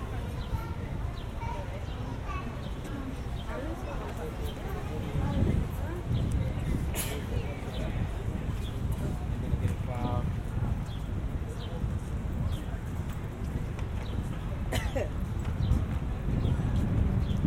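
A walk home from the mall through suburban streets, with a steady low rumble of traffic throughout. Voices talk on and off in the background, and brief sharp knocks or clicks stand out around seven, ten and fifteen seconds.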